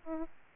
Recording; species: mosquito wingbeat signal from an infrared sensor; Aedes albopictus